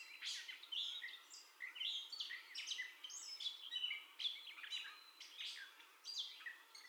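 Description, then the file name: Gray catbird song with varied squeaks, slurs and harsh notes poured out in quick succession, pitch leaping up and down. First song, recorded 30 May 2021. "2021-05-30 Catbird First Song"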